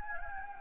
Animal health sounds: mosquito wingbeat signal from an infrared sensor; Anopheles gambiae

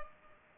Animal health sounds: mosquito wingbeat signal from an infrared sensor; Culex pipiens

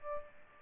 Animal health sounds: mosquito wingbeat signal from an infrared sensor; Aedes albopictus

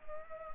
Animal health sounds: mosquito wingbeat signal from an infrared sensor; Culex pipiens

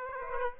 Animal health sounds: mosquito wingbeat signal from an infrared sensor; Aedes aegypti

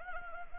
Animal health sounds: mosquito wingbeat signal from an infrared sensor; Anopheles arabiensis

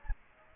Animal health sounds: mosquito wingbeat signal from an infrared sensor; Aedes aegypti

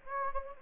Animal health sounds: mosquito wingbeat signal from an infrared sensor; Anopheles gambiae

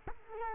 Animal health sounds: mosquito wingbeat signal from an infrared sensor; Culex quinquefasciatus

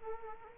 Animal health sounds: mosquito wingbeat signal from an infrared sensor; Culex quinquefasciatus

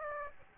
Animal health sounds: mosquito wingbeat signal from an infrared sensor; Aedes aegypti

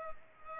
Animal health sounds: mosquito wingbeat signal from an infrared sensor; Culex pipiens

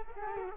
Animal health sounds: mosquito wingbeat signal from an infrared sensor; Culex quinquefasciatus

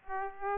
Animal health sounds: mosquito wingbeat signal from an infrared sensor; Aedes aegypti

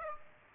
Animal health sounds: mosquito wingbeat signal from an infrared sensor; Aedes aegypti

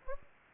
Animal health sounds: mosquito wingbeat signal from an infrared sensor; Aedes aegypti

